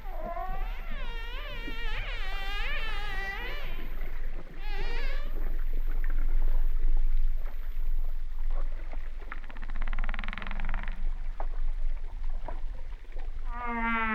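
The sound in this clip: Humpback whale song: wavering, looping moans at first, later a pulsed buzz, and a harmonic moan at the end over steady low rumble.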